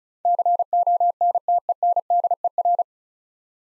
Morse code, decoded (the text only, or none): CONTENDER